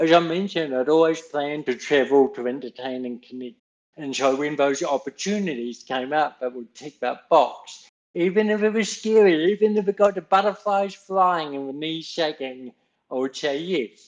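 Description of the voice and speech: Connected adult male speech with slightly distorted consonants and uneven phrasing: dysarthria in a speaker born with cerebral palsy, a physical disability that affects the way messages travel around the body; his speech always sounds like this.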